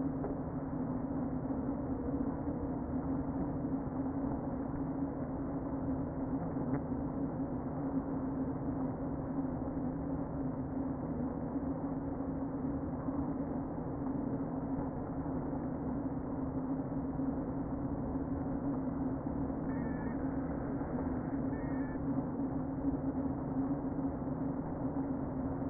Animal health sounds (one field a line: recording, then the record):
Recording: honeybee colony, microphone inside the hive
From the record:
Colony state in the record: queen present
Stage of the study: before two queens were removed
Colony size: about 60,000 bees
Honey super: yes